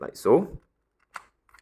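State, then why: Seated. An extended 1100 mAh battery pack is pushed into the battery slot of a QWK YEP-01 "Edge" battery-powered automated springer foam dart blaster while someone talks. After the talking, a sharp click at 1.2 s marks the pack seating in its slot, followed by a few faint ticks.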